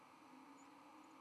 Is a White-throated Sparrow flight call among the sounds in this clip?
no